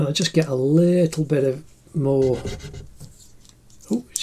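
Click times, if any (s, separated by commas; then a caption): 4.2 s. Someone talks while pushing a Mars plastic eraser refill into a pen-style eraser holder, with faint scraping and small ticks during a quieter stretch. A sharp, loud click at 4.2 s marks the refill seating in the holder.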